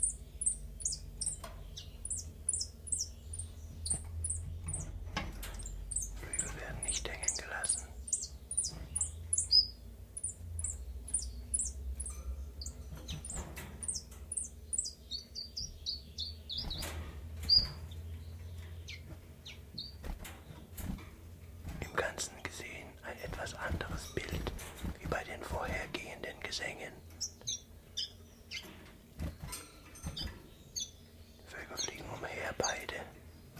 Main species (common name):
Common Chiffchaff